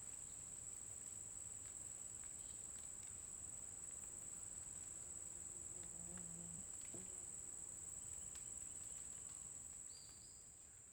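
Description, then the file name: Cricket giving a steady, continuous high-pitched song. Constant cricket sound in a forest during the day. "Grilo constante na floresta dia passaro canta em intervalos"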